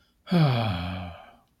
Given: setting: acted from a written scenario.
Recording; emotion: vocal sound without words; shame